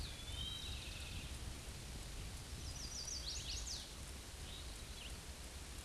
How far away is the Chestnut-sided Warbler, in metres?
about 55 m